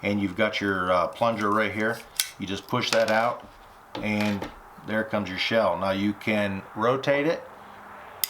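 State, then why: Seated. While someone talks, a single-action .22 Heritage Rough Rider 16" Honor Betsy Ross edition revolver is unloaded, with the hammer at half cock and the loading gate open and the plunger pushing a shell out. The steel cylinder is rotated until it clicks into its indexing notch in the frame with a sharp click at 8.2 s, seating the cylinder in place.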